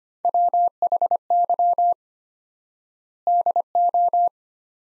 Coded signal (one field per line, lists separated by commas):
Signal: Morse code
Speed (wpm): 25 wpm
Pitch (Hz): 700 Hz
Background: none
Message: WHY DO